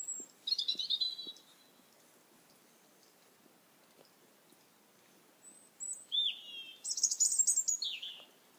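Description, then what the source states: Bird singing short, high chirping phrases, some trilled and some falling, in a brief burst, then a pause and a faster cluster at the end. Birdsong recorded at night.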